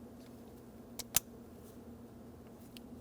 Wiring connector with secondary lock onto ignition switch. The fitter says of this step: we'll make sure we lock it in with our secondary lock as well.